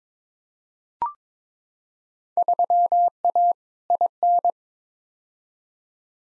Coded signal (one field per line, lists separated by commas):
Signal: Morse code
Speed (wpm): 22 wpm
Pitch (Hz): 700 Hz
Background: none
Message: 3A IN